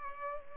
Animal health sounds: mosquito wingbeat signal from an infrared sensor; Culex pipiens

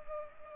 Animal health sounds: mosquito wingbeat signal from an infrared sensor; Culex pipiens

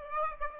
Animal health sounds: mosquito wingbeat signal from an infrared sensor; Aedes aegypti

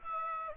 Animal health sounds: mosquito wingbeat signal from an infrared sensor; Aedes aegypti

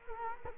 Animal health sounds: mosquito wingbeat signal from an infrared sensor; Culex quinquefasciatus

